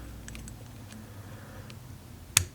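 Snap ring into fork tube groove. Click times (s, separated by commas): 2.4 s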